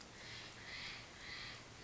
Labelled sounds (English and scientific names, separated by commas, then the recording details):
Steller's Jay (Cyanocitta stelleri)
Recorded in Sonoma County, California